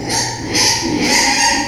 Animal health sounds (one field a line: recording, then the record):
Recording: squeal of a Yucatan mini pig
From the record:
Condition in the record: before surgery on the right vocal fold (resection and tissue-engineered implant)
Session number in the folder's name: 2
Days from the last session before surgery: 0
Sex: male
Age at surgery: 12 weeks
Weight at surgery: 13 kg